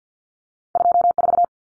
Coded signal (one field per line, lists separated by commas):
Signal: Morse code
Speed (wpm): 50 wpm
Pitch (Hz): 700 Hz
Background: none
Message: 24